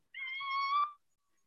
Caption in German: Was hören Sie bei einer COPD in der Lunge? Sie hören Spasmus. Und wie hört sich Spasmus an? Giemen. Endexpiratorisches Giemen. Verlängertes Expirium.